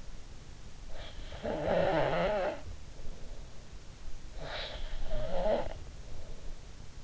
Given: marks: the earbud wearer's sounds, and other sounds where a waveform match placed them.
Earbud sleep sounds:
sounds in sleep by an in-ear microphone; snoring breath
0.92-3.39 s: snoring breath
4.27-6.54 s: snoring breath

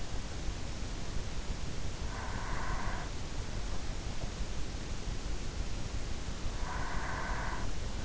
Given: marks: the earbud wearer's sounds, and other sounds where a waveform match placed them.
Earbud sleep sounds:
sounds in sleep by an in-ear microphone; breath
1.66-3.74 s: breath
6.63-8.04 s: breath

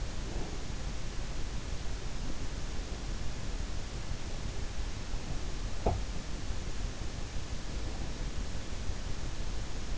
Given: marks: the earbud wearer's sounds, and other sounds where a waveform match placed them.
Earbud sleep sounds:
sounds in sleep by an in-ear microphone; breath
0.00-0.77 s: breath
5.56-6.20 s: sound from someone else or the room

